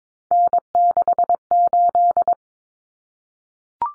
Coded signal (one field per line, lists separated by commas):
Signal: Morse code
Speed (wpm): 22 wpm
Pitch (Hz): 700 Hz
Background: none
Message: N68